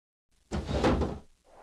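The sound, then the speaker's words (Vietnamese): A loud, rumbling crash as fierce winds fling open two windows and shatter them, one heavy burst lasting under a second, then a faint softer rustle trailing after. “Một tiếng rầm vang lên khi những cơn gió hung tợn hất tung hai cánh cửa sổ khiến chúng vỡ nát.”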